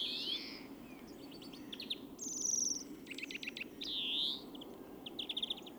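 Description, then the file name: European greenfinch giving twittered notes and a few buzzy wheezing calls, with a constant low hum underneath. "Chloris chloris"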